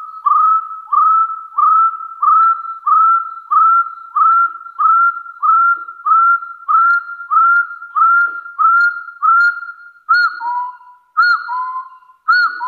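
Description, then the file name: Hill partridge calling in a fast series of single upslurred whistles, about one and a half per second, shifting to two-note phrases near the end. "Tieng ga so nui"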